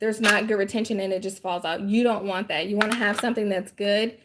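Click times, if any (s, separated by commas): none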